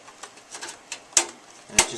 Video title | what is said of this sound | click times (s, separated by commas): How To Build a Computer PC Desktop Windows.mp4 | just pops into place like that. Okay. | 1.2 s, 1.8 s